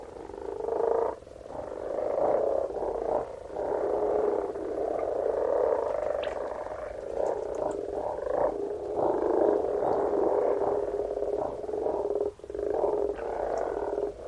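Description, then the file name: Frog chorus, many croaks running together in a continuous drone, with slight swells and a few brief dips. "Frogs - Frog voises"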